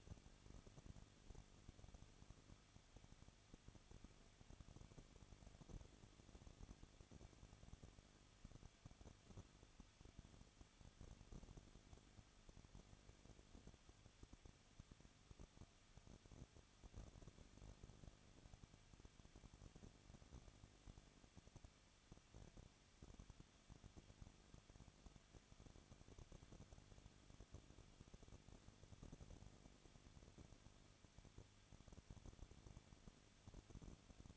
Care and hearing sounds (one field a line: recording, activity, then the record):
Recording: daily activity, microphone in the room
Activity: no activity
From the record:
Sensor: 4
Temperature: 23.1 degrees Celsius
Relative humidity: 34.0%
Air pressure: 1007.2 hPa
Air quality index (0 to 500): 215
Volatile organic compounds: 15 ppm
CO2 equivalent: 2483 ppm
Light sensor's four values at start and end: 2/3/1/1 and 2/3/1/1